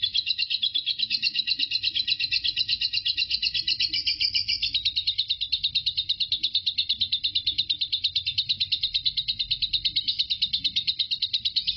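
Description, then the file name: Lovebird chattering nonstop, quick high rasping pulses repeated evenly throughout, slightly fuller early on; faint low background noise. Lovebird named Marco singing ngekek; the ngekek lasted 5 minutes 25 seconds. "suara burung lovebird Marco durasi ngekek 5 menit 25 detik"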